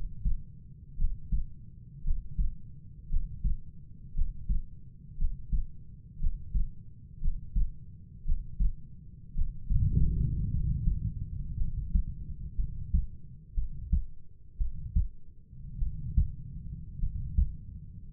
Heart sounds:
heart sounds by stethoscope; 56 bpm
0.97 s: heartbeat
2.03 s: heartbeat
3.09 s: heartbeat
4.14 s: heartbeat
5.17 s: heartbeat
6.19 s: heartbeat
7.20 s: heartbeat
8.24 s: heartbeat
9.34 s: heartbeat
10.51 s: heartbeat
11.57 s: heartbeat
12.56 s: heartbeat
13.54 s: heartbeat
14.58 s: heartbeat
15.79 s: heartbeat
16.99 s: heartbeat
18.13 s: heartbeat
From the record:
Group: healthy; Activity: breath hold 0-10 s, rest 10-18 s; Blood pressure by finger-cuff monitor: 93/49 mmHg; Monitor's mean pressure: 58 mmHg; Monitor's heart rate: 58 bpm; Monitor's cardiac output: 4.7 L/min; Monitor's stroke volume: 83 mL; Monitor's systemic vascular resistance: 830 dyn s/cm5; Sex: male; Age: 25 years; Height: 170 cm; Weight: 70.4 kg

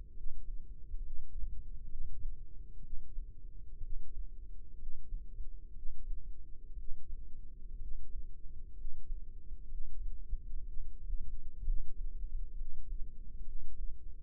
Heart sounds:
heart sounds by microphone in the left ear; 63 bpm
0.11 s: heartbeat
0.99 s: heartbeat
1.86 s: heartbeat
2.79 s: heartbeat
3.78 s: heartbeat
4.75 s: heartbeat
5.71 s: heartbeat
6.73 s: heartbeat
7.76 s: heartbeat
8.72 s: heartbeat
9.66 s: heartbeat
10.62 s: heartbeat
11.61 s: heartbeat
12.53 s: heartbeat
13.41 s: heartbeat
From the record:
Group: healthy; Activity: rest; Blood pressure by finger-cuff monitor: 104/68 mmHg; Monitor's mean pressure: 78 mmHg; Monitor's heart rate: 62 bpm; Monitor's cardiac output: 4.9 L/min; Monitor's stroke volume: 79 mL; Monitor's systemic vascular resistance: 1130 dyn s/cm5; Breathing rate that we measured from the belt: 15 breaths a minute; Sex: female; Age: 22 years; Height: 171 cm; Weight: 65.6 kg

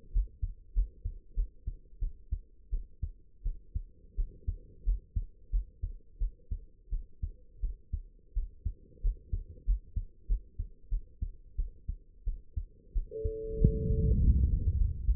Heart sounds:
heart sounds by stethoscope; 90 bpm
0.12 s: heartbeat
0.74 s: heartbeat
1.35 s: heartbeat
2.00 s: heartbeat
2.71 s: heartbeat
3.44 s: heartbeat
4.16 s: heartbeat
4.85 s: heartbeat
5.51 s: heartbeat
6.19 s: heartbeat
6.91 s: heartbeat
7.61 s: heartbeat
8.34 s: heartbeat
9.02 s: heartbeat
9.66 s: heartbeat
10.28 s: heartbeat
10.90 s: heartbeat
11.57 s: heartbeat
12.25 s: heartbeat
12.94 s: heartbeat
13.59 s: heartbeat
14.21 s: heartbeat
14.78 s: heartbeat
From the record:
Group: healthy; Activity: rest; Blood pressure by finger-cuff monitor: 105/65 mmHg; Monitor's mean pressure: 81 mmHg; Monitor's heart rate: 90 bpm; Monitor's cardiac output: 8.2 L/min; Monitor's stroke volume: 92 mL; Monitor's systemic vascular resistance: 700 dyn s/cm5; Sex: female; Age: 22 years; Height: 161 cm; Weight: 65.5 kg

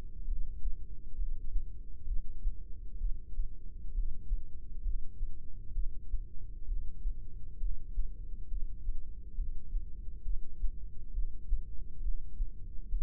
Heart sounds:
heart sounds by microphone in the right ear; 66 bpm
0.27 s: heartbeat
1.17 s: heartbeat
2.07 s: heartbeat
3.00 s: heartbeat
3.93 s: heartbeat
4.84 s: heartbeat
5.74 s: heartbeat
6.67 s: heartbeat
7.59 s: heartbeat
8.50 s: heartbeat
9.36 s: heartbeat
10.24 s: heartbeat
11.13 s: heartbeat
12.02 s: heartbeat
12.91 s: heartbeat
From the record:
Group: heart failure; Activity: rest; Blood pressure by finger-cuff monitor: 127/93 mmHg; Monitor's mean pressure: 106 mmHg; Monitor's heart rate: 66 bpm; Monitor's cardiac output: 6 L/min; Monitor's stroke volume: 90 mL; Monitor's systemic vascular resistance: 1330 dyn s/cm5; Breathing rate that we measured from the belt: 16 breaths a minute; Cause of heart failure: idiopathic cardiomyopathy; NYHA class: 1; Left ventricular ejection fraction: 50%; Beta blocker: bisoprolol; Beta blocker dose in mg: 5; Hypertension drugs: candesartan, spironolactone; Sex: male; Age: 54 years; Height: 180 cm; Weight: 94.6 kg

